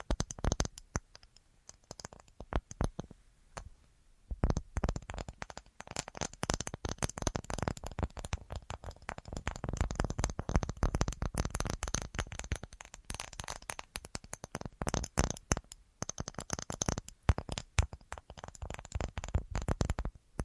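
An assortment of tapping fills the recording, with dense, irregular clusters of quick sharp taps and clicks, some scratchy and rustling like handled cards. It starts sparse and uneven, with a near-silent gap around four seconds, then grows busier and stays fast and crowded through the end.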